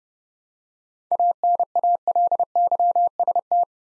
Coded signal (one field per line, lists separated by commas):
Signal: Morse code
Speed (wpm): 30 wpm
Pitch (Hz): 700 Hz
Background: none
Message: ANALYST